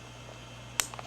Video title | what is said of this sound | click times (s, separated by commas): Zenith VM6200 (JVC GR-C7) VHS-C camcorder (1986), Part 1 | and then once I get too far and I get out of it you'll hear a snap when it latches out of the macro mode | 0.8 s